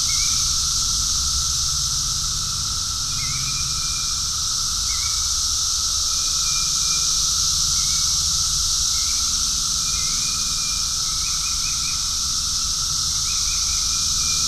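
Cicadas fill the air with an unbroken shrill drone, over which short chirps and little trills pop up repeatedly, with a steady lower whine behind.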